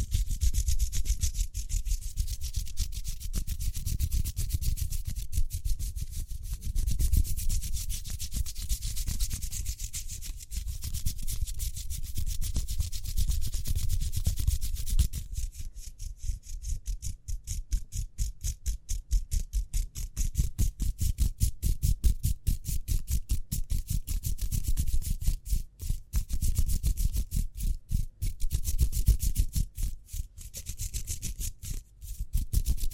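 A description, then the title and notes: Quick hand rubbing in dense, rapid bursts of low rumble and bright hiss, turning choppier with brief gaps after about fifteen seconds. ASMR Speedy Hand Sounds (No Talking).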